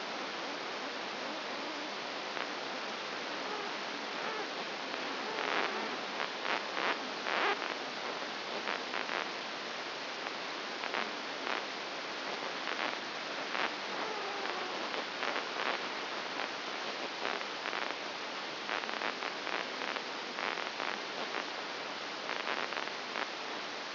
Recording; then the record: brain microelectrode recording played as sound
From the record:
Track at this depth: outside the subthalamic nucleus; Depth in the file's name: 6.301 mm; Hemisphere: left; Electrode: 2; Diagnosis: Parkinson's disease